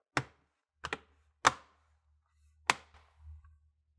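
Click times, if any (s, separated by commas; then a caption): 0.2 s, 0.8 s, 2.7 s. The plastic clips of the bottom cover on an ASUS Transformer Book Flip TP501U laptop are pressed in along the sides after a RAM upgrade, snapping the cover into the chassis. Sharp clicks are heard at 0.2, 0.9 and 2.7 seconds, with other snaps at about 1.0 and 1.5 seconds over a faint low hum. The cover is confirmed seated, with its clips snapped home.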